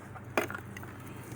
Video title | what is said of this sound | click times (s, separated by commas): I'll fix this "SUCKER"! | unplug the hose itself there's a couple different little clicks | 0.4 s